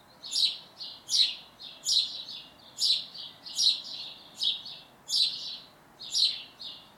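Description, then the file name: House sparrow chirping: loud, bright cheeps repeated a little under a second apart, each trailed by a softer second note. "Passer domesticus"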